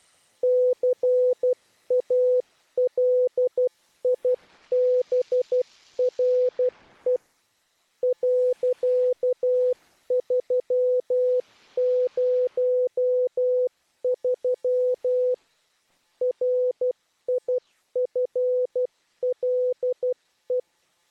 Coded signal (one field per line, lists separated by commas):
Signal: Morse code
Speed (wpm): 12 wpm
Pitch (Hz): 500 Hz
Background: none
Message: CALIBRE .303 RIFLE